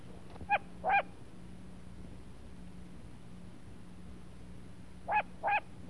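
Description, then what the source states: Long-eared owl uttering short, harsh, nasal barks in two pairs, a pair at the start and another near the end, over a quiet hum. Recorded in summer.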